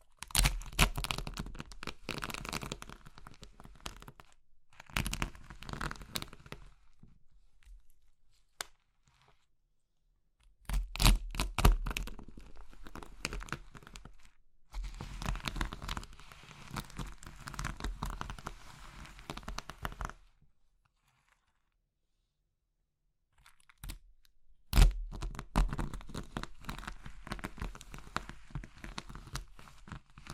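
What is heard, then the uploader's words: Dense crumbling and crushing of soft brittle material, like chalk or meringue, comes in bursts of crackly grit separated by silent pauses around 8–10 and 20–24 seconds. A sharp snap lands near 25 seconds. ASMR Oddly Satisfying Crushing Triggers Soap, Chalk, Meringue, Pastel (No Talking).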